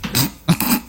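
Two quick, harsh cough bursts from an adult man while he is eating a biscuit, close together in a small room.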